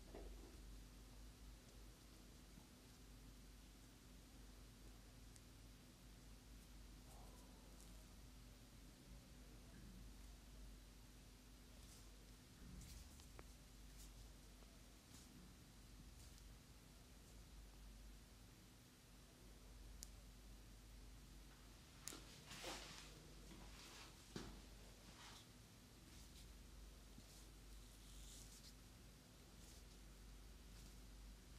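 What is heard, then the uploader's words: A massage on the head, back and neck: a steady low hiss with soft rubbing and brushing strokes, busier around twenty-two to twenty-five seconds. ASMR Sleep Relief (No talking) - ASMR Head, Back and Neck Massage.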